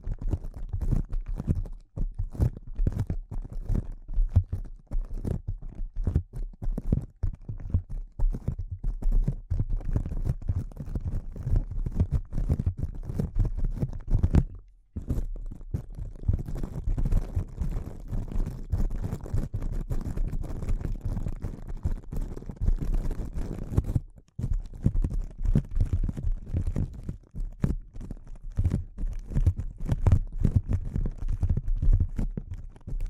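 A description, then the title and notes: Delicate tapping runs as a fast, dense, irregular patter with a heavy low thud, pausing briefly near fifteen and twenty-four seconds. ASMR Delicate Tapping (No Talking).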